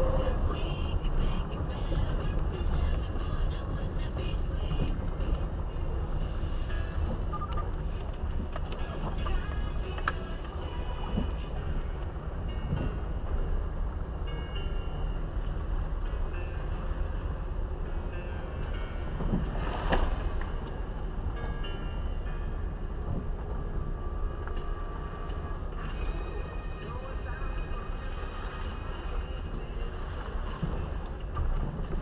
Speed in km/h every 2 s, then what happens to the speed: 25, 24, 20, 22, 21, 18, 17, 14, 15, 16, 12, 11, 12, 12, 9, 13.
0-21 slows to 11. 21-32 steady at about 12.